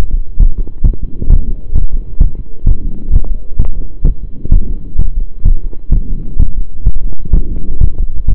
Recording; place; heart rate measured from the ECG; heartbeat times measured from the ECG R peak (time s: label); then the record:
heart sounds by stethoscope; between the tricuspid and mitral areas; 129 bpm
0.39 s: heartbeat
0.83 s: heartbeat
1.29 s: heartbeat
1.74 s: heartbeat
2.20 s: heartbeat
2.66 s: heartbeat
3.12 s: heartbeat
3.59 s: heartbeat
4.04 s: heartbeat
4.51 s: heartbeat
4.98 s: heartbeat
5.44 s: heartbeat
5.91 s: heartbeat
6.39 s: heartbeat
6.86 s: heartbeat
7.32 s: heartbeat
7.80 s: heartbeat
8.27 s: heartbeat
From the record:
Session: pedaling a stationary bicycle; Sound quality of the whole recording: saturated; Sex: male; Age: 23 years